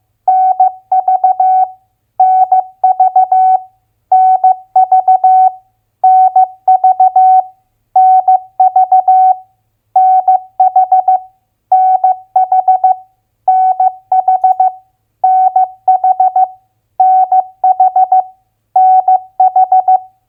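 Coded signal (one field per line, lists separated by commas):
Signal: Morse code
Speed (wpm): 15 wpm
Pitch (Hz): 750 Hz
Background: none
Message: NV NV NV NV NV NH NH NH NH NH NH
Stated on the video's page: Morse head-copy drill of US state abbreviations at 15 wpm.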